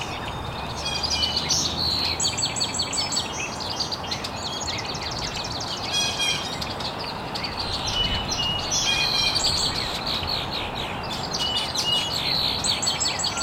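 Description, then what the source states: Birds chirping and trilling in a full chorus, rapid repeated notes in bursts, continuous rushing noise underneath. Birds chirping very early in the morning in an estuary.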